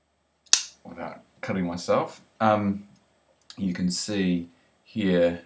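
The one-handed blade of a Swiss army soldier's knife is flicked open and snaps into the metal liner lock in its handle with a single sharp click at 0.5 s. The blade locks open, and someone talks before and after the click.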